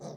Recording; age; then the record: pig call; piglet (1 to 25 days)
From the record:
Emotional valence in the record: negative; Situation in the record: long isolation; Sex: male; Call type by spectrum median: low-frequency call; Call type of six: low-frequency stable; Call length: 0.17 s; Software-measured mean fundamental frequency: 60 Hz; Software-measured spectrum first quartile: 264 Hz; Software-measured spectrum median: 529 Hz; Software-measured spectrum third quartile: 1109 Hz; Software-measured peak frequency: 180 Hz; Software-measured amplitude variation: 97 dB a second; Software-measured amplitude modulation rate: 20.5 a second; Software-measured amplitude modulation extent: 4.7 dB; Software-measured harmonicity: 2.5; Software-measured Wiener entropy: -0.59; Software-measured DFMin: 1783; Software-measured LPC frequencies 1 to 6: 568, 1915, 3853, 5078, 5700, 6195 Hz